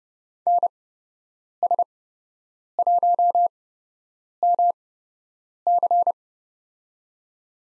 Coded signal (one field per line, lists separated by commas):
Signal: Morse code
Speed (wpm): 30 wpm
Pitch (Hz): 700 Hz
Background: none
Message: NS1MC